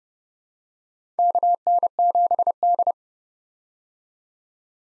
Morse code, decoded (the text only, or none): KN7D